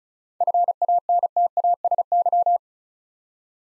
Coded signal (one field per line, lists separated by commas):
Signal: Morse code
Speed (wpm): 36 wpm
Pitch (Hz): 700 Hz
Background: none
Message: FANTASY